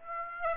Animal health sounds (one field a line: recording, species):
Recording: mosquito wingbeat signal from an infrared sensor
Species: Aedes aegypti